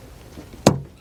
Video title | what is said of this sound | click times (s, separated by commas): 2009-2015 Honda Pilot Right Front Door Lock Actuator Replacement | and lock into place all right again huh it ended up being a little blurry but | 0.7 s